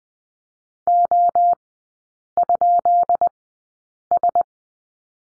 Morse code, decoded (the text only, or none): O?S